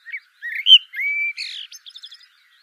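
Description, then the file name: Eurasian blackbird song: a short run of mellow warbled notes, then a long level fluted whistle, ending in a scratchy burst and a quick series of thin twittering notes. "Turdus merula"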